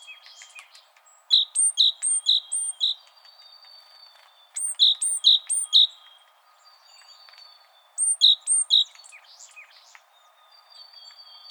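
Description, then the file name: Great tit repeating a ringing two-part note three or four times per burst. The bursts come about every three seconds, with soft twittering from other birds between. "Parus major"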